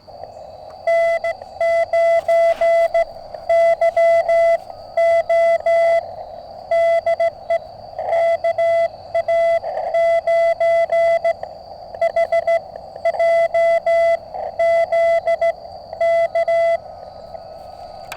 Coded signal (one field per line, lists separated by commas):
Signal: Morse code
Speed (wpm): 16 wpm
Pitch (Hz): 670 Hz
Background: none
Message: N9YO DE KA9HJZ K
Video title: QRP CW ~ Mountain topper QSO! MTR3B + Trail Friendly Portable Antenna